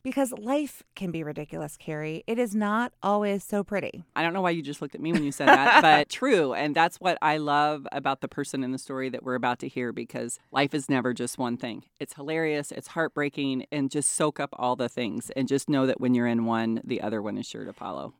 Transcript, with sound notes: Because life can be ridiculous, Kerry, it is not always so pretty.
I don't know why you just looked at me when you said that, (laughs) but true, and that's what I love about the person in the story that we're about to hear, because life is never just one thing, it's hilarious, it's heartbreaking and just soak up all the things and just know that when you're in one the other one is sure to follow.